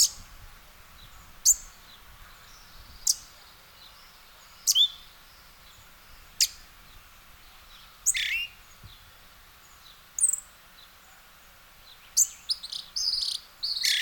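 Western red-legged thrush giving sharp, high chirping calls at irregular intervals, some dropping in pitch.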